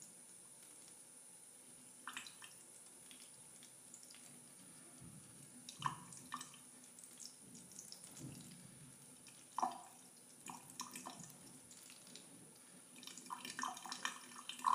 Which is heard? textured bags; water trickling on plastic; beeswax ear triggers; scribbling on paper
water trickling on plastic